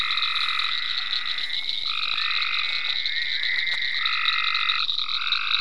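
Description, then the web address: Overlapping frog trills, sustained and buzzy, handing off between callers, with a few short clicks and a persistent high-pitched hum. Frogs in ponds at Venaura farm, recorded 27 May 2010. "ecolandtech venaurafarm frogs-in-ponds 5-27-010-Frogs"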